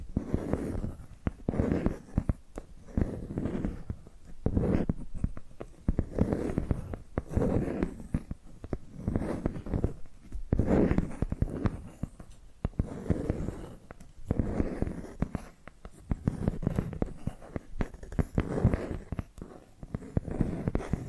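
Tapping and scratching sounds in a continuous, busy stream of short, dry strokes and taps. The rhythm comes in repeated bursts of rapid scratching roughly every second or two, mostly low and muffled with occasional brighter clicks, and no pauses throughout.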